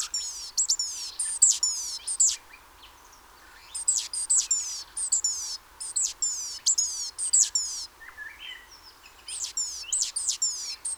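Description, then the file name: Great tit calls in three or four clustered bursts, each a rapid string of high, thin notes falling in pitch, with brief pauses between bursts. "Parus major"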